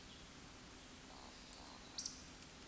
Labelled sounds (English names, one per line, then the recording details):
Eurasian Woodcock whistle
Eurasian Woodcock croak
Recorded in Baden-Württemberg, Germany, on 16 June 2021 at 20:00 UTC
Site 18672, 474 m above sea level